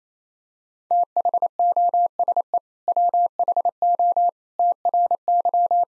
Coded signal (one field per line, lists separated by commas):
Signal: Morse code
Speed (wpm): 28 wpm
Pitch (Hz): 700 Hz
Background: none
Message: THOSE WHO TRY